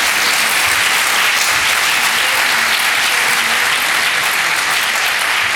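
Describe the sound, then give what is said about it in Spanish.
Loud, sustained applause from an audience, a dense steady clatter of many hands clapping with no pauses, lasting several seconds without any talking over it. “Bueno, un aplauso”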